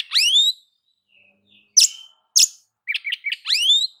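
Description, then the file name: Oriental magpie-robin song: a loud rising whistle, a pause, harsh rasping notes, quick chirps, and another rising whistle. "Suara-Kacer-Versi-7"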